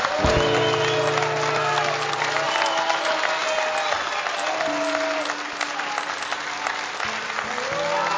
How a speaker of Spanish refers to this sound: ¡Aplauso!